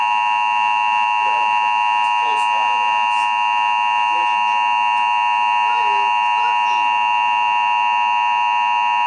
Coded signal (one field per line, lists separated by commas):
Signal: Emergency Alert System (SAME) tones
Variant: 853 and 960 Hz attention tone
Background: speech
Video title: EAS Tornado Warning For Macomb Co. MI 8-19-2010.